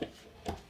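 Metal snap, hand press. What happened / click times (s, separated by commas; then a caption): The metal snap half was pressed into place / 0.0 s, 0.5 s. The female half of a metal snap is pressed onto a fabric bag strap with a hand rivet press fitted with the snap die. Two short, sharp hits sound at 0.0 and 0.5 seconds, and the snap is seated in place.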